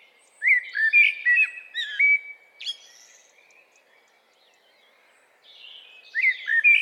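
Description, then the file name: Common blackbird singing a fluty warbled phrase with a high squeaky ending, quiet twittering, then the start of another mellow phrase. "Turdus merula"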